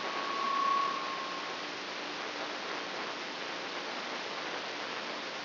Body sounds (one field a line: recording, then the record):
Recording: brain microelectrode recording played as sound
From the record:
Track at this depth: outside the subthalamic nucleus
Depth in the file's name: 8.504 mm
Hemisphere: left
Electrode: 3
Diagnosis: Parkinson's disease